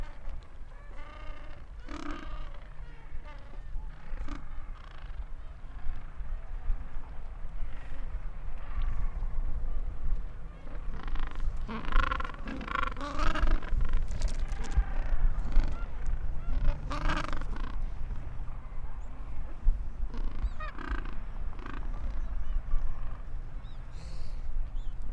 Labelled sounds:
Gentoo Penguin (Pygoscelis papua) call

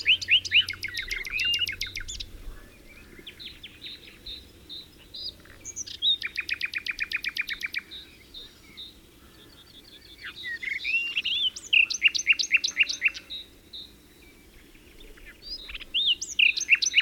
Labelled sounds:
Western Black-eared Wheatear (Oenanthe hispanica)

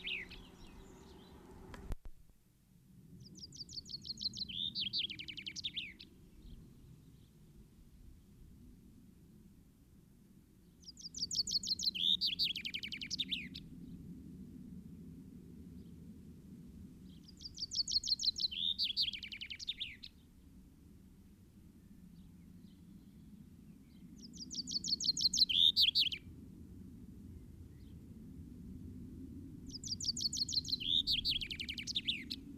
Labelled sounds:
Common Chaffinch (Fringilla coelebs) song

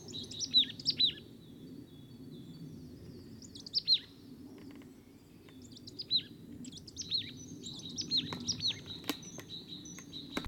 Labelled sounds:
Marsh Tit (Poecile palustris) call

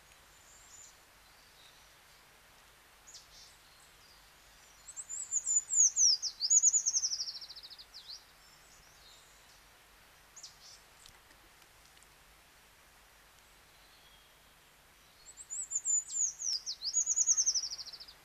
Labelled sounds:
Eurasian Treecreeper (Certhia familiaris) song

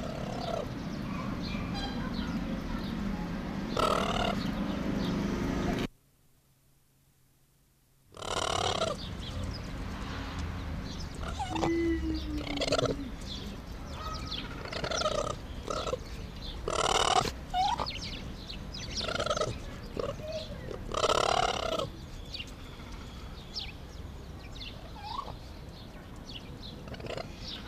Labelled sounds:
Raccoon (Procyon lotor) call

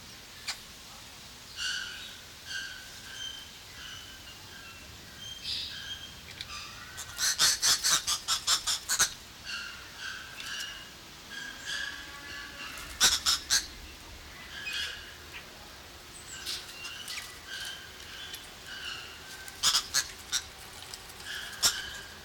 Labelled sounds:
Green Woodhoopoe (Phoeniculus purpureus) call

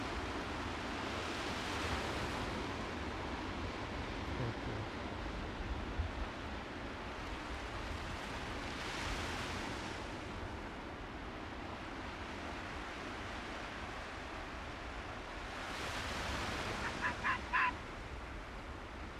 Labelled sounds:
Arctic Fox (Vulpes lagopus)

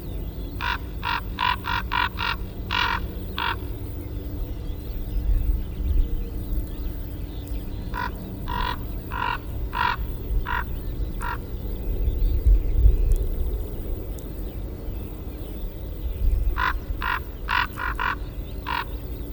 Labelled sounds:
Common Raven (Corvus corax) alarm call

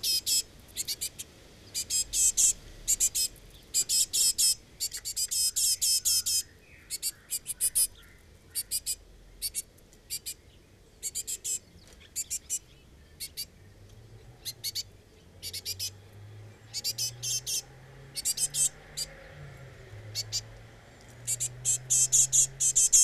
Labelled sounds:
Great Tit (Parus major) call

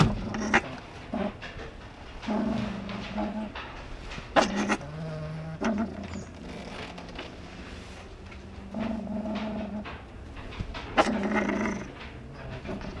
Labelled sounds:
Fennec Fox (Vulpes zerda) call

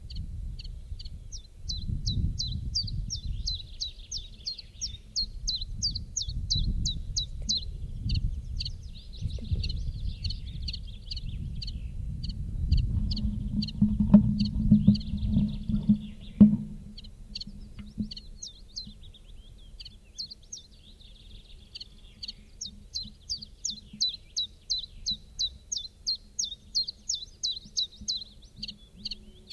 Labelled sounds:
Common Chiffchaff (Phylloscopus collybita) song

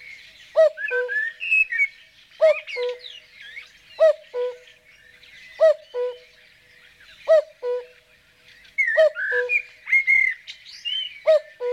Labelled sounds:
Common Cuckoo (Cuculus canorus) song

